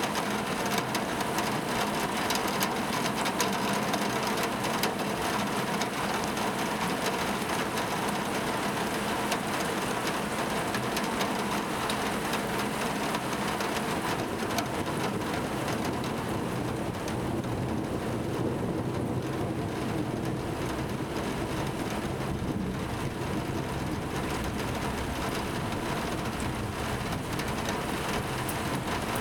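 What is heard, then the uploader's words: Steady rain patters behind a window in a dense, even hiss, with a soft low rumble underneath and the brightest edge easing after the midpoint. Rain Behind the Window.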